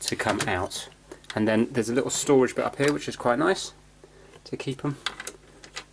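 Someone talks while handling the removed plastic transit-lock pieces of a Bang & Olufsen Beocord 5500 cassette deck, about to put them into the storage holder on the chassis and twist them until they lock. After the talking stops, short sharp handling sounds come at about 5.3, 5.6 and 5.8 seconds. Nothing has seated or locked yet.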